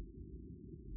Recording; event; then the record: neck accelerometer signal played as sound; no cough (speech, laughter, throat clearing or background)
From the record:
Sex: male